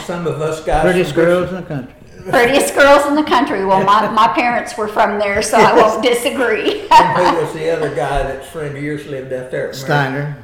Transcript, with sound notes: And some of us got--
Prettiest girls in the country.
Prettiest girls in the country. Well my parents were from there, so I won't disagree.
(Laughter) Who was the other guy that friend of yours that lived out there?
Stiner.